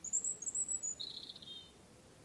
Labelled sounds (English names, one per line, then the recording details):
European Robin
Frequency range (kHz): European Robin 3.0-8.6 kHz
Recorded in France